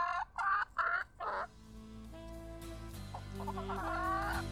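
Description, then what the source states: Chicken giving four quick clucks, then instrumental music takes over. Domestic hens kept in a garden; one hen is said to be always talking.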